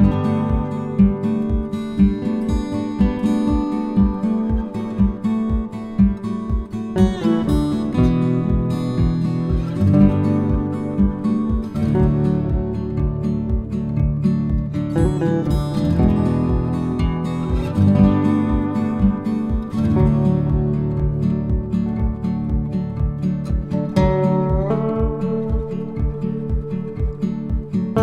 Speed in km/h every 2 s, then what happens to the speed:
93, 93, 92, 92, 91, 90, 90, 90, 90, 90, 91, 90, 90, 90.
0-28 steady at about 90.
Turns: none.